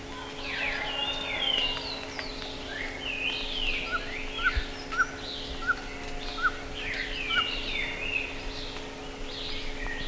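Bird chorus of overlapping swooping, warbled phrases, with a run of short, sharp chirps in the middle and a constant low hum beneath.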